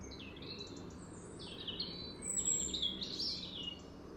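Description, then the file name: European robin singing high, thin, tinkling phrases and short trills over a steady background hiss. "Erithacus rubecula"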